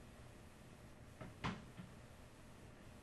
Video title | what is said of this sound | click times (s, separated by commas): PC Assembly Part 5 | they just snap right into place | 1.2 s